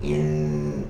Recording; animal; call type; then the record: contact call of a hoofed animal; pig; closed-mouth grunt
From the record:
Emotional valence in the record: negative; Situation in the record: short social isolation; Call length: 0.90 s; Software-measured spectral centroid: 1430 Hz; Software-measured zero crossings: 680 a second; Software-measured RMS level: -24 dBFS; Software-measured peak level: -12 dBFS